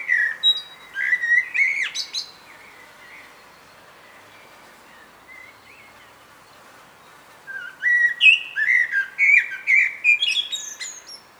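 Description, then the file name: Common blackbird song: a rich whistled phrase with a thin, high twitter. Soft notes fill a pause, then a longer, varied warbling phrase with squeaky high flourishes. "Turdus merula"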